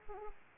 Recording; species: mosquito wingbeat signal from an infrared sensor; Aedes aegypti